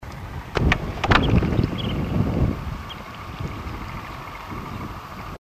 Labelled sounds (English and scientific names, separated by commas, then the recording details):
Curlew Sandpiper (Calidris ferruginea) call
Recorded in the wild
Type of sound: call
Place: Krombachtalsperre, DE
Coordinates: 50.6217, 8.12722
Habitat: Wetland
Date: 1963-10-12
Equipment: Uher Report 4000, AKG D190
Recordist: Krey, Winfried
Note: (Rufe)